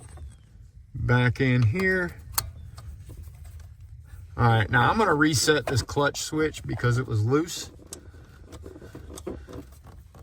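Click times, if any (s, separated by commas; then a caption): 2.4 s. A brake light switch on an Audi A4 B6 is clipped back into its mount on the pedal bracket after replacement, seating with one sharp click at 2.4 s. Someone talks before and after the click, followed by a few quieter taps and clicks.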